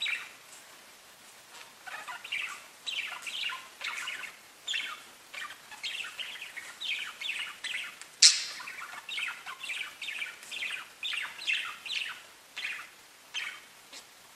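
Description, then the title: Budgerigar chattering, a steady stream of short chirps and warbled notes with a brief sharp click midway, over faint background hiss. "Budgie Sounds"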